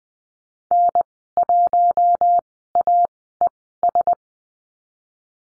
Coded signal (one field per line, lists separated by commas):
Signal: Morse code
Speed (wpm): 20 wpm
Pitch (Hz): 700 Hz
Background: none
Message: N1AES